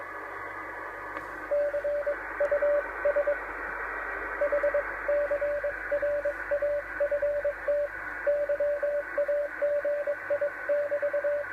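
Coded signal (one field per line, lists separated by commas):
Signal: Morse code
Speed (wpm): 22 wpm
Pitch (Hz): 580 Hz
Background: radio noise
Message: CUSHCRAFT YAGI <BT>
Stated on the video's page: Morse heard on the 10 m band.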